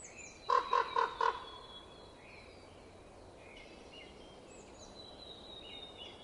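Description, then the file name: Common raven uttering four quick, gruff croaks at the start, followed by thin, wavering high whistles from small birds over a quiet background. Winter. "ronk"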